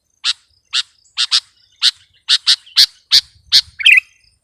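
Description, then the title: Sooty-headed bulbul giving sharp, clipped chirps, singly and in quick pairs, about ten notes over four seconds, ending in a short jumbled burst. "kutilang"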